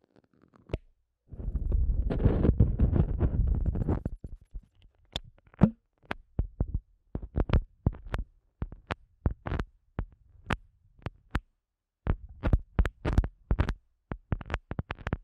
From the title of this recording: ASMR Sensitive Eardrum Massage